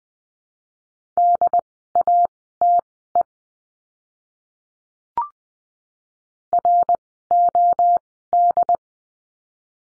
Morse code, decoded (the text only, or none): DATE ROD